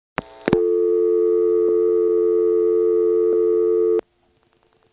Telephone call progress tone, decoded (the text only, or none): dial tone